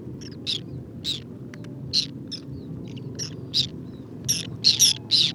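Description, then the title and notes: Whiskered tern contact calls, rapid harsh scratchy notes, coming thicker toward the end, over a low background hum. Wintering flock of over two to three hundred birds picking insects from the water surface on a shallow lake with water lilies and lotus, Cambodia, 13 December 2018, 16:30; characteristic electric contact calls. "Observation sonore - Guifettes en hivernage - Cambodge. 13 décembre 2018-16h30. lac peu profond couvert de nénuphars et de lotus. Guifettes moustac (Chlidonias hybridus). Cris électriques de contact très caractéristiques"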